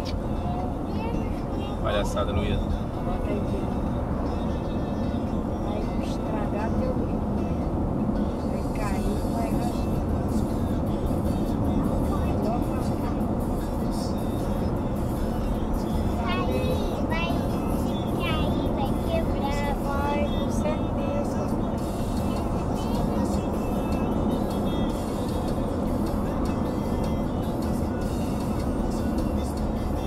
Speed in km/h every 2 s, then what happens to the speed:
63, 65, 67, 68, 68, 70, 70, 72, 74, 74, 75, 75, 72, 68, 66.
0-20 speeds up to 75. 23-30 slows to 66.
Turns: none.